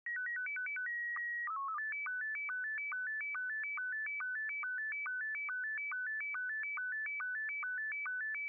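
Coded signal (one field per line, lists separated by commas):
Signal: SSTV (slow-scan television)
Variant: Scottie 1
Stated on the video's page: SSTV signal within a fictional horror narrative.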